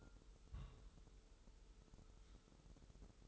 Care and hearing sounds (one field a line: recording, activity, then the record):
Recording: daily activity, microphone in the room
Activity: place on stove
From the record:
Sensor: 3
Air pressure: 988.3 hPa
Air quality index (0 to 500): 189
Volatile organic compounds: 251 ppm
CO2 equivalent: 4363 ppm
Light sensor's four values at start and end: 24/75/31/27 and 24/75/31/27